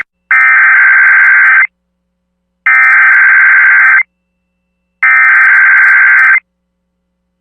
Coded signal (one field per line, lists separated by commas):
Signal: Emergency Alert System (SAME) tones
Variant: header bursts